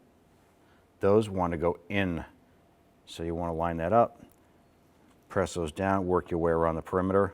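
A rubber valve cover gasket for a 2011-2018 Ram 1500 is being handled, its little nubs lined up and pressed by hand into the groove around the valve cover's perimeter so they will hold the gasket in place when the cover is flipped upside down to install. Someone talks in three bursts, with quiet gaps between them. Nothing has seated or clicked yet.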